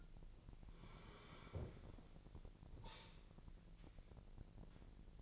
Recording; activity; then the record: daily activity, microphone in the room; sit down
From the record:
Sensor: 5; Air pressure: 1002.1 hPa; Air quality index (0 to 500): 246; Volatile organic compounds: 30 ppm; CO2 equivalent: 2952 ppm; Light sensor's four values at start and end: 40/94/39/43 and 40/95/39/43